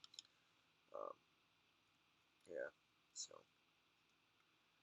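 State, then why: Not seated. A small internal pin or rod is being pressed into a Glock 19 pistol frame by hand, without a Glock tool, during reassembly. A few brief, light ticks of handling come at the start, and someone talks in short bursts. Nothing has seated or clicked into place yet.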